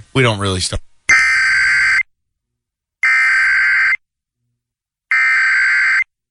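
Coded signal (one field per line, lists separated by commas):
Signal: Emergency Alert System (SAME) tones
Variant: header bursts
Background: speech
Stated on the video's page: First nationwide EAS test, recorded from an online live stream of a sports talk FM station.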